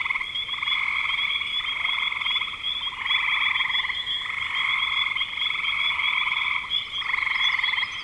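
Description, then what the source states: Frog chorus of pulsed trills in bursts of one to two seconds, over a constant thin high whine. Spring 2025.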